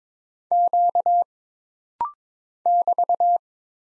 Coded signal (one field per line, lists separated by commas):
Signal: Morse code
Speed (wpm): 22 wpm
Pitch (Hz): 700 Hz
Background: none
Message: Q <BT>